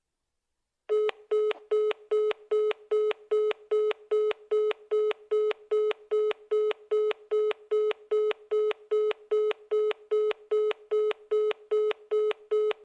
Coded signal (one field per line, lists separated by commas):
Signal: none